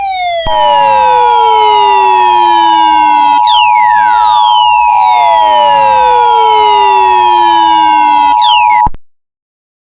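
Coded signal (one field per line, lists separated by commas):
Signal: Emergency Alert System (SAME) tones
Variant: 853 and 960 Hz attention tone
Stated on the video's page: Fictional EAS scenario about acid weather, simulated alert.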